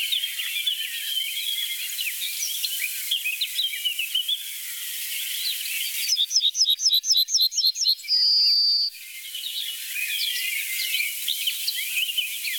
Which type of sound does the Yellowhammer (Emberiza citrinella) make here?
song